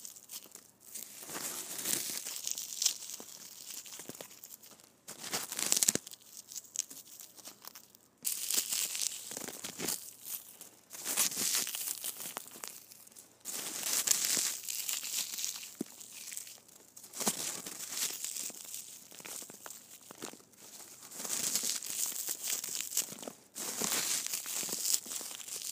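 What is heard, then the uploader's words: Foam balls are squished over and over, giving a dense, crackly, papery rustle that comes in bursts of a few seconds each. Short quiet gaps separate the squeezes, near 5, 8, 13, 17 and 23 seconds, and the sound stays bright and hissy throughout. ASMR Foam Balls Squishing.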